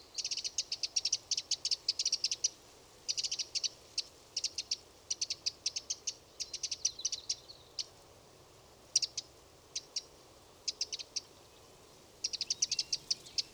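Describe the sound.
Eurasian wren giving dry, rapid ticking rattles in short bursts, high-pitched and repeated irregularly throughout, with a faint steady background hiss.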